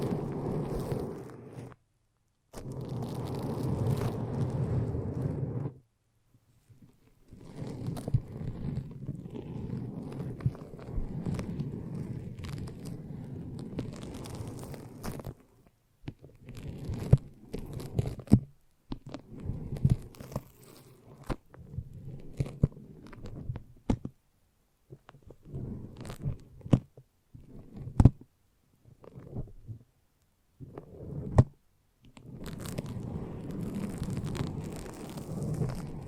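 A foamy, sticky brain massage: dense squishing and crackling in bursts, with frequent silent gaps and choppier, sharp sticky clicks in the middle.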